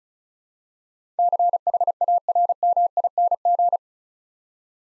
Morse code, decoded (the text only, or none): CHARMING